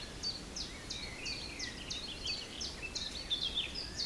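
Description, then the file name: Bird song of brisk repeated downslurred chips, about three per second, mixed with lower warbling phrases and a windy background. Forest in spring, windy at Beaufort force 3, recorded at 1 pm. "Forest Spring Birds Windy 3 bft 1 pm"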